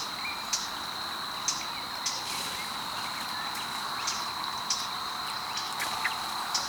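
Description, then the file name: Eurasian blackcap calls: sharp dry ticks at irregular intervals, with a constant high-pitched insect drone behind. "Sylvia atricapilla"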